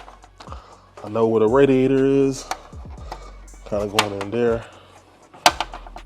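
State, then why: Seated. Someone talks while a small retaining clip is pushed down by hand into a carbon fiber cooling shroud at the radiator support of a BMW X5M (F95/F96/G09, X5M, X6M, XM), with faint taps early on. At 5.5 s the clip pops in with a sharp click followed by a few light ticks, seating it to hold the shroud down.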